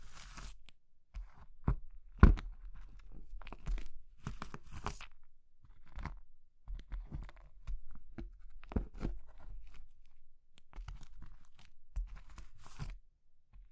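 Brittle material like soap, chalk or meringue is being crushed in a run of crisp, crunchy bursts, some with a tearing crumble. The crunches come irregularly, about once or twice a second, with short quiet gaps between them and a sharp peak near two seconds.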